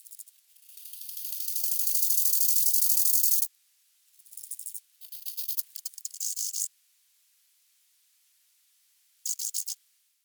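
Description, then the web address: Bow-winged grasshopper song: a crescendoing buzzy phrase of rapid high pulses, then several shorter choppy rasping bursts separated by pauses. "heuschrecken audio nachtigallgrashüpfer"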